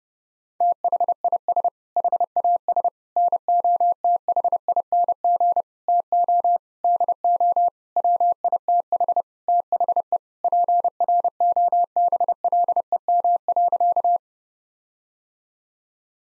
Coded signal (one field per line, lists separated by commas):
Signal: Morse code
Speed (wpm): 30 wpm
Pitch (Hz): 700 Hz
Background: none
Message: THIS HAS NOTHING TO DO WITH THE PROBLEM.